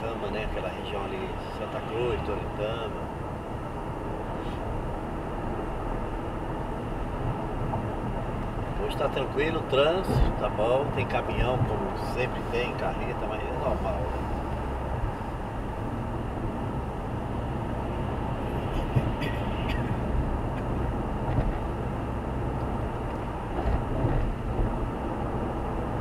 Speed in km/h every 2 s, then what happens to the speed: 86, 88, 92, 95, 98, 98, 97, 94, 93, 93, 93, 92, 92.
0-8 speeds up to 98. 8-26 steady at about 93.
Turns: none.